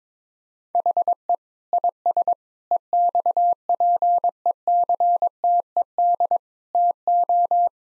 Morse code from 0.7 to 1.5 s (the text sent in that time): HE